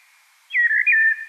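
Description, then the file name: Common blackbird song: a single short, mellow fluted phrase, sliding down and wavering briefly. "Turdus merula"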